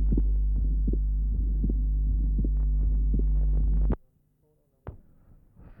An adult with an atrial septal defect. The normal first sound, the grade 1/6 ejection systolic murmur, and the wide fixed splitting of the second sound. Recording is taken from the pulmonary area.